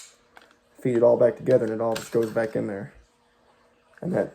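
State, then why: Not seated. During reassembly of an AR-15, the metal charging handle is being fed forward into the rifle's upper receiver, with faint short ticks of handling at about 0.4 and 0.5 seconds. Someone talks from about 0.8 to 3.0 seconds and again briefly near 4.1 seconds. The clip ends before the part goes home, so nothing has seated or clicked yet.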